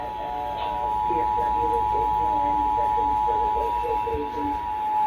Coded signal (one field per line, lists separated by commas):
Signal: Emergency Alert System (SAME) tones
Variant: 853 and 960 Hz attention tone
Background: speech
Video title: NWR CONDUCTS MONTHLIES!?! - EAS Tests from 07/06/2022 (EAS #620-625)